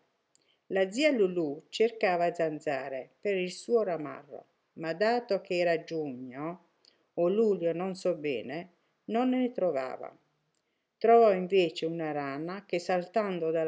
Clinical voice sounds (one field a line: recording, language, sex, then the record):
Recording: read passage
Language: Italian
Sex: female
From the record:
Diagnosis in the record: healthy control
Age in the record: 63 years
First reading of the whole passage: 70 s, 6.7 characters per second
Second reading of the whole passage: 71 s, 6.6 characters per second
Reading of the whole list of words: 45 s, 6.3 characters per second